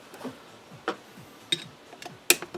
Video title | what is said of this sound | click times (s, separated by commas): Puch M8 and M9 engine rebuild | now it clicked into place and just to be sure you can try to if it rotates freely and then you're there | 2.3 s